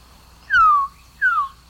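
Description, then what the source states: Resplendent quetzal calls: two clear whistled notes, each sliding downward. Bird of the cloud forests of southern Mexico and Central America.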